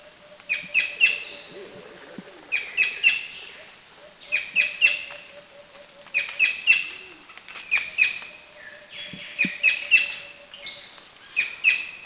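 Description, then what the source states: Rufous-lored kingfisher calling in short bursts of three sharp, clipped notes, repeated about every two seconds, over a steady high insect buzz and a faint low hum. Recorded in the Philippines.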